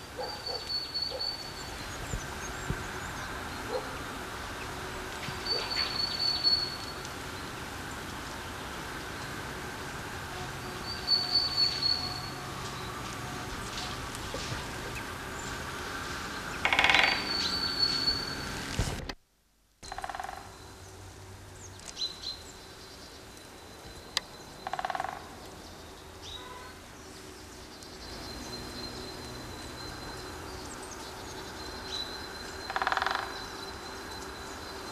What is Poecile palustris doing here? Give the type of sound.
song